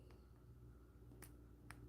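A copper jump ring threaded through a chain link is moved back and forth until its cut ends meet, with a faint tick at 1.2 s and a sharper, brighter click at 1.7 s as the ends click together. The jump ring ends are seated against each other in the link.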